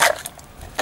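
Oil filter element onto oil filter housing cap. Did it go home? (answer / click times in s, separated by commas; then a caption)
no / none. A new paper oil filter element is being slid onto the plastic oil filter housing cap of a 2012 Mercedes-Benz C-Class C180 (W204), producing short handling scrapes and light taps near 0.0, 0.3 and 0.8 seconds. Nothing has seated or clicked into place yet.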